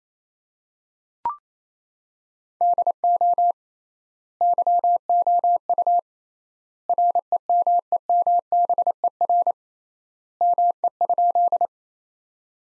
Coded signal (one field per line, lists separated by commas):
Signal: Morse code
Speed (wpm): 27 wpm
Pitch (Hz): 700 Hz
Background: none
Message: DO YOU REMEMBER ME?